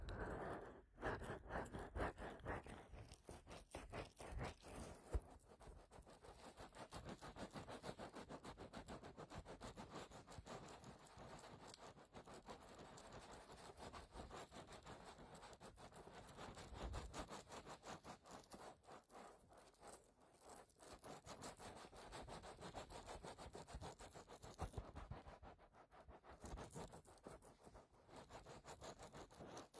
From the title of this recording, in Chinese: 采耳按摩